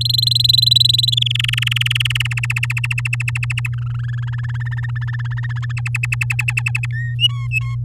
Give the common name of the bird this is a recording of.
Domestic Canary